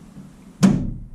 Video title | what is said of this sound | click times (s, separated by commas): SF27A GLIDER PROJECT ( FOR SALE ) | So you can hear that click of the air brakes coming off. | 0.6 s